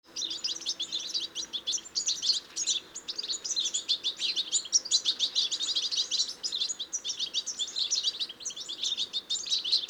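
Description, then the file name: European goldfinch uttering a constant jingle of sharp, high tinkling notes, with faint low background noise. "Carduelis carduelis"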